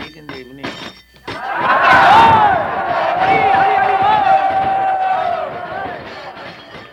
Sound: very loud cheering

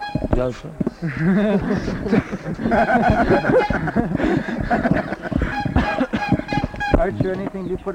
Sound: laughter

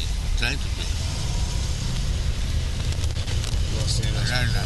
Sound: static

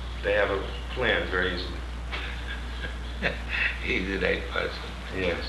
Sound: chuckles

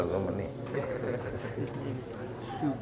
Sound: laughter

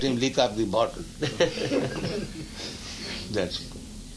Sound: laughter

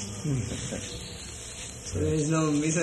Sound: chuckling

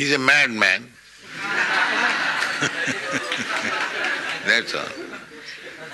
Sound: laughter

